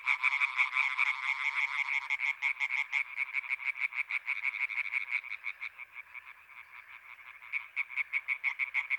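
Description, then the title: European tree frog chorus, a loud tangle of rapid rasping croaks from several frogs that thins briefly before swelling again. Chorus on 21 May 1993 at a pond in Sologne, France, at night, an hour after dark, with intense calling activity. "Choeur de rainettes en Sologne"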